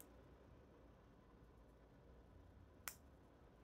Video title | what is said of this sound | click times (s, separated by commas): Skeptic Tank vs Lego Lamborghini Part 3 | ah hear the snap nice | 2.9 s